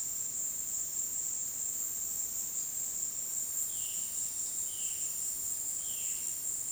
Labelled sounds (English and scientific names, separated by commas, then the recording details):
Violaceous Jay (Cyanocorax violaceus)
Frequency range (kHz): Violaceous Jay (Cyanocorax violaceus) 1.6-4.3 kHz
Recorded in dense forest near Puerto Asís, Putumayo, Colombia, on 21 February 2024 at 17:00
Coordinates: 0.466, -76.327
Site G6413